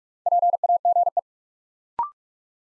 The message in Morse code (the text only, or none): PAGE